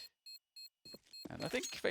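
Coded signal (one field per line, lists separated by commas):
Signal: none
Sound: a game's beeps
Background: speech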